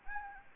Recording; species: mosquito wingbeat signal from an infrared sensor; Anopheles gambiae